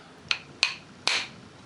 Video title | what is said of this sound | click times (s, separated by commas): Polaris 400 Engine Disassembly | oh it's stripped out | 0.3 s, 0.6 s, 1.1 s